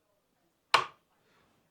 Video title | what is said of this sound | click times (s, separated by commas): Electric Scooter EC6, 350W Motor & 19 MPH Adults Commuting Scooters, 12-15 Miles Long Range Electric | these two areas of Interest are going to lock into place | 0.7 s